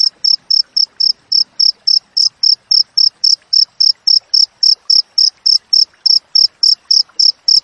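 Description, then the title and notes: Cricket chirping in a steady, rapid series of short, high, clear pulses, about four chirps every second with brief gaps between them. Wild cricket with close-spaced chirps, used for training songbirds and for driving away rats. "Masteran Jangkrik Alam Jernih, Jeda Rapat Cocok Untuk Masteran Burung Dan Mengusir Tikus. suara jangkrik"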